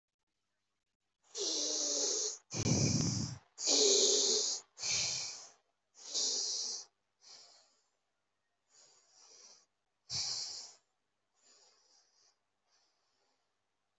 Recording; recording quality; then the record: shallow breathing; excellent, no background noise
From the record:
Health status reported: healthy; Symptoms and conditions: none ticked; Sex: male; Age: 21 years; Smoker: not ticked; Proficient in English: yes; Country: India